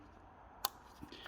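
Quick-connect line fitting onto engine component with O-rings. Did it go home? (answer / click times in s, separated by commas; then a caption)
yes / 0.7 s. A quick-connect fuel line connector with lubed O-rings is pushed onto its fitting on a W212 Mercedes engine component and pressed down until it locks. A single sharp click is heard at 0.7 s, followed by a few faint taps near 1.0–1.3 s. The connector is fully seated, with its white line now showing as proof it is in properly.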